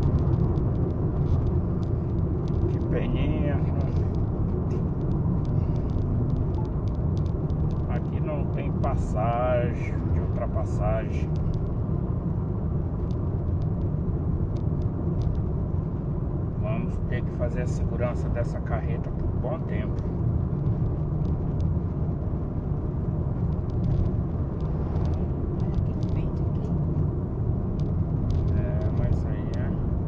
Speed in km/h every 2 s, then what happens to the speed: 80, 78, 77, 75, 74, 71, 69, 69, 68, 69, 72, 74, 75, 74, 72.
0-15 slows to 68. 15-24 speeds up to 75.